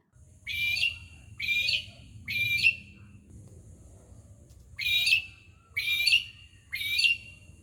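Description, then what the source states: Magpie-lark calls: six loud, ringing notes in two sets of three, roughly one per second. Daytime call, given as an example of melodic or alerting calls.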